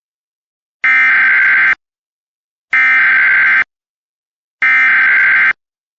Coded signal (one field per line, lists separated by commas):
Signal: Emergency Alert System (SAME) tones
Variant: header bursts